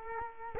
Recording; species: mosquito wingbeat signal from an infrared sensor; Culex quinquefasciatus